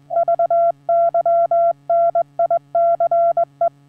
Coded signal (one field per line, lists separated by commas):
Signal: Morse code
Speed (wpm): 19 wpm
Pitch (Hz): 680 Hz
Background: none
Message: VY NICE